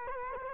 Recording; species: mosquito wingbeat signal from an infrared sensor; Culex quinquefasciatus